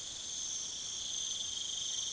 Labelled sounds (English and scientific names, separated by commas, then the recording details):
none
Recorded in pastures near Puerto Asís, Putumayo, Colombia, on 23 June 2025 at 23:00
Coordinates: 0.486, -76.323
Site H29